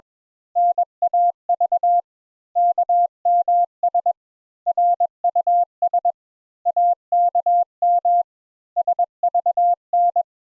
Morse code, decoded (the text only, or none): NAV KMS RUS AKM SVN